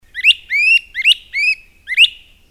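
Great crested flycatcher calls: five loud whistled notes, sharply rising wheeps, alternating short hooked notes with longer upslurred ones, against a quiet background.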